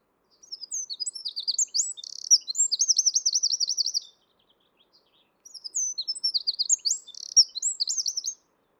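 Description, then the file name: Eurasian wren song: two high bursts of tumbling notes ending in fast rattling trills, about four and three seconds long, separated by a short silence. "Troglodytes troglodytes"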